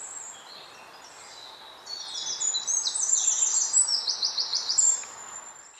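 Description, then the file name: Eurasian wren song bursting in after a quieter start: shrill, quick-fire high notes and rattling trills running for about three seconds. "Troglodytes troglodytes"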